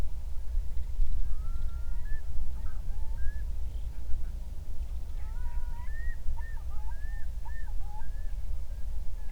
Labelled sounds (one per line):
songbird
loon
wind